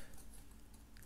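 A small additional plastic or metal wing piece is lined up with the hole in the main wing of a Saint Seiya Myth Cloth Hades EX Metal Original Color Edition action figure and clipped on. Quiet soft ticks and handling sounds lead to a short, sharp snap at 1.0 s as the piece seats easily onto the wing.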